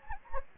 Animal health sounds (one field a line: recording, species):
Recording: mosquito wingbeat signal from an infrared sensor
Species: Anopheles gambiae